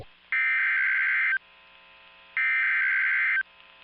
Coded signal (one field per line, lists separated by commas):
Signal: Emergency Alert System (SAME) tones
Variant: header bursts